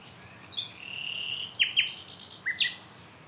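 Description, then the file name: Common nightingale song with a drawn-out whistle, then sharp, steeply falling notes and a final pair of bright chirps. "Luscinia megarhynchos"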